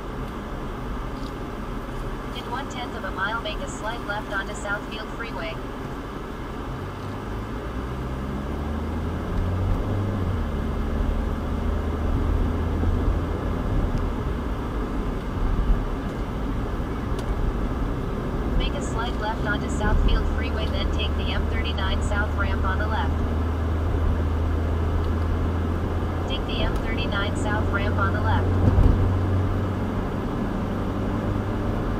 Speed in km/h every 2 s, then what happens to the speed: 26, 15, 6, 13, 26, 35, 44, 42, 42, 45, 52, 58, 64, 69, 74, 81.
0-5 brakes to 6. 5-12 speeds up to 44. 12-18 steady at about 42. 18-32 speeds up to 81.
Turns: none.